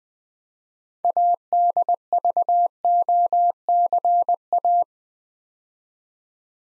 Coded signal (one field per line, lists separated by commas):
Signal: Morse code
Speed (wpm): 20 wpm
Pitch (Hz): 700 Hz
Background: none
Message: ADVOCA